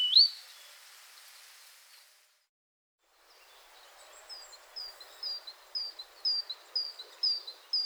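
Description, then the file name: Great tit calls: one loud rising note, a brief silence, then a steady series of high, clipped notes about twice a second. "Parus major"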